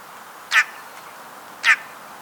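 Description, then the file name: Eurasian magpie uttering two loud, harsh chack notes about a second apart over a quiet background. "Pica pica"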